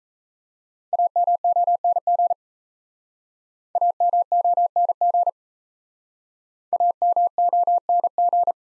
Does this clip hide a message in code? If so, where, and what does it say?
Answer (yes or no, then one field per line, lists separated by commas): yes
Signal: Morse code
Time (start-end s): 0.9-8.5 s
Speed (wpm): 38 wpm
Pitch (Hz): 700 Hz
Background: none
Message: AMONG AMONG AMONG